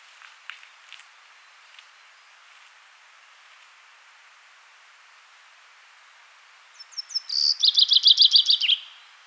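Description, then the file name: Common chaffinch song: after several faint scattered chirps, a bright rattling series of rapid notes descends in pitch over about two seconds and ends in a short flourish. "Fringilla coelebs"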